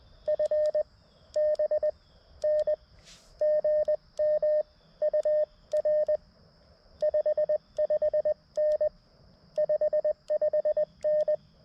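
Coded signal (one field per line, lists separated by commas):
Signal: Morse code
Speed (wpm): 20 wpm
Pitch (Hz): 610 Hz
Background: none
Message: FBN GM UR 55N 55N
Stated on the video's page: CW POTA activation at a rare park using an MTR-4B with Wolf River Coils Sporty Forty coil, 213-inch whip on tripod with radials; short activation, iffy weather.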